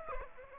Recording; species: mosquito wingbeat signal from an infrared sensor; Aedes aegypti